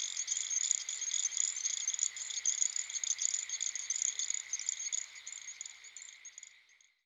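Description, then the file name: Little grass frog calls as a dense, very high, insect-like chorus of thin chirps, steady at first, then fading out over the last two seconds. "dan gibsons solitudes little grass frog"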